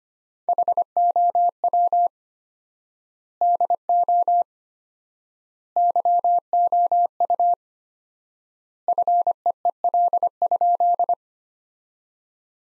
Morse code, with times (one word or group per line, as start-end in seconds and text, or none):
0.5-2.1 HOW
3.4-4.4 DO
5.8-7.5 YOU
8.9-11.1 FEEL?